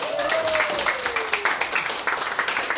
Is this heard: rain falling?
no